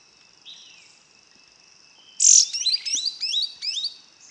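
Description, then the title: Yellow-green grosbeak calls: a loud sharp burst leading into a quick run of rising chipped notes, set against continuous high insect buzzing. Subspecies brasiliensis. "LuckyPassaro Completos2Sama. Yellow-green Grosbeak (Caryothraustes canadensis brasiliensis)"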